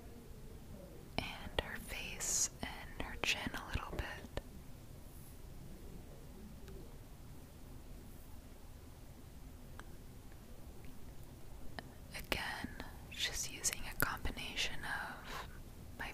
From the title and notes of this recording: ASMR Up-close neck, back, and ear pampering ft. … (gentle brushing & scratching).